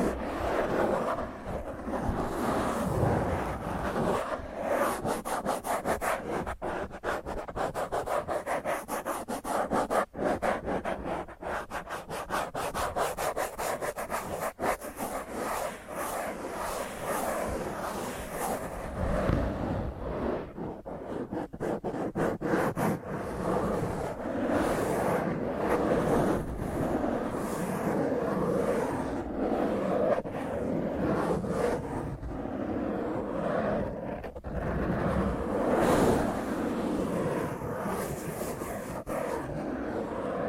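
Fingernails scratch roughly and continuously across a microphone, producing a dense, grinding rasp that never lets up for the full forty seconds. The texture is thick with low rumble and gritty mids, broken by many sharp ticks and quick clicks, especially in the first half.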